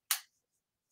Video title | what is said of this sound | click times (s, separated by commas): How To Create a USA Patriotic Painting - Fourth of July Art - Favorite Art Supplies | You hear it snapping? | 0.1 s